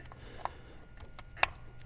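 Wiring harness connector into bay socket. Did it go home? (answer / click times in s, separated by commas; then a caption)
yes / 1.4 s. A multi-pin wiring harness connector with a side clip is pushed into its mating socket in the forward bay of a G2 underwater glider. A faint tick at 0.5 s is followed by a sharp, bright click at 1.4 s over quiet background noise. The connector clicks in and is seated.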